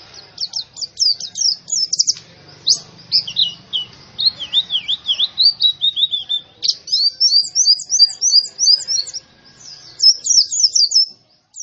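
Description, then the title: White-eye singing a long, high, fast stream of tinkling chirps, briefly dropping to slightly lower slurred notes before a rapid twittering burst. Young bird; described as gacor, meaning singing vigorously and continuously. "Pleci Gacor. Anakan Pleci"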